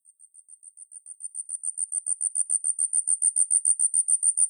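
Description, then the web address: Asian stubtail singing an extremely high, thin, insect-like series of rapid pulses, steadily growing louder throughout. "yabusame"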